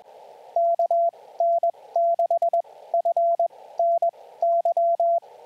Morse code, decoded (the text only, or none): KN6FNY